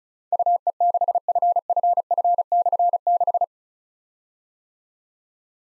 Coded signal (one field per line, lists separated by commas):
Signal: Morse code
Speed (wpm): 36 wpm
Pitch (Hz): 700 Hz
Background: none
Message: UE6FFF/6